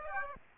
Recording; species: mosquito wingbeat signal from an infrared sensor; Aedes aegypti